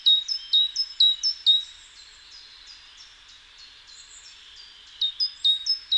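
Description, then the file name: Great tit song: bright, high two-note phrases, a sharp upper note then a lower one, repeated rapidly. It pauses midway, then resumes near the end over faint hiss. "Parus major"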